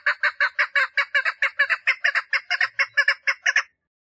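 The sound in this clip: Partridge song: a fast run of many harsh, buzzy chattering notes, rhythmic and slightly uneven, then stopping abruptly.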